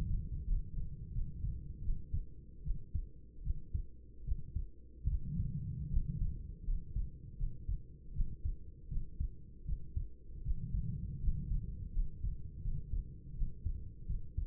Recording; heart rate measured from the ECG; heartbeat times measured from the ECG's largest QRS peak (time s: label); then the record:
heart sounds by stethoscope; 79 bpm
0.45 s: heartbeat
1.11 s: heartbeat
1.81 s: heartbeat
2.62 s: heartbeat
3.42 s: heartbeat
4.23 s: heartbeat
5.06 s: heartbeat
5.88 s: heartbeat
6.63 s: heartbeat
7.35 s: heartbeat
8.12 s: heartbeat
8.87 s: heartbeat
9.64 s: heartbeat
10.42 s: heartbeat
11.19 s: heartbeat
11.92 s: heartbeat
12.60 s: heartbeat
13.33 s: heartbeat
14.05 s: heartbeat
From the record:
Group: healthy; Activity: rest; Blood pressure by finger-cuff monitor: 97/52 mmHg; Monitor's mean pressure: 67 mmHg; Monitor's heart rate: 80 bpm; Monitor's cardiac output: 6.9 L/min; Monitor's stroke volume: 88 mL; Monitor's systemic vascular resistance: 690 dyn s/cm5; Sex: female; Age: 26 years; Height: 165 cm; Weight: 55 kg